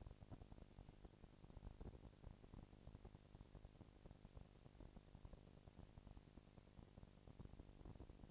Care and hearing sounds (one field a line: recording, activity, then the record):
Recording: daily activity, microphone in the room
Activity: no activity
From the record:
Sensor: 5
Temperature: 19.8 degrees Celsius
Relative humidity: 36.7%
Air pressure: 997.2 hPa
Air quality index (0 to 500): 169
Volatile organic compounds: 14 ppm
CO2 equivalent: 2439 ppm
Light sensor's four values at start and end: 2/3/1/1 and 2/3/1/1